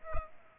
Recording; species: mosquito wingbeat signal from an infrared sensor; Culex pipiens